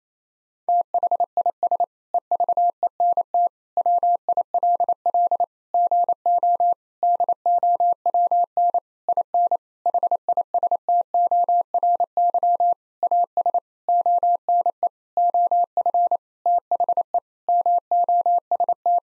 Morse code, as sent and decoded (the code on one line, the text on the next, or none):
- .... .. ... / . ...- . -. - / .-- .. .-.. .-.. / --. --- / -.. --- .-- -. / .. -. / .... .. ... - --- .-. -.-- / .- ... / --- -. . / --- ..-. / - .... . / -- --- ... -
THIS EVENT WILL GO DOWN IN HISTORY AS ONE OF THE MOST